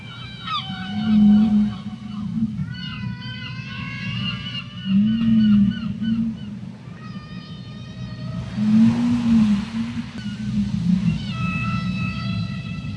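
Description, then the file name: Whale calls: a series of harmonic squeals and wails every few seconds, some bending up or down, with a steady low humming drone running beneath throughout. "only whales"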